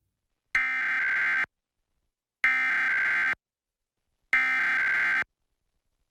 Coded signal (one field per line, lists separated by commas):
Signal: Emergency Alert System (SAME) tones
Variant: header bursts